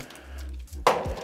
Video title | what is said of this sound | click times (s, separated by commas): Building a crazy 3 phase AFDD distribution board | um push those clips in as well they're sort of locked on | 0.9 s